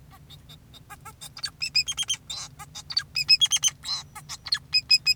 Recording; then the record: song of a male Bengalese finch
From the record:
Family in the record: son of father 2, and himself father 4